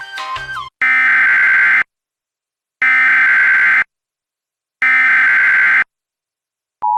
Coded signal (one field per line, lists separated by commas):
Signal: Emergency Alert System (SAME) tones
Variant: header bursts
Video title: EAS Reenactment Mock: Tornado Producing Storm in Jefferson Co, AL and Tuscaloosa Co, AL - 04/12/2020